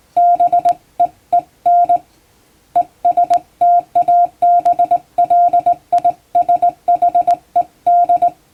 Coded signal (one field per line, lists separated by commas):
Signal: Morse code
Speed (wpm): 20 wpm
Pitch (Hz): 700 Hz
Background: none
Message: BEEN ESTABLISHED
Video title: 毎日聴いてモールスラーニング！アマチュア無線ハムの受信練習用に綺麗な手打ちで平文の欧文モールス信号を叩いてみました。YouTubeの再生速度を調整して聴こう(morse code learning)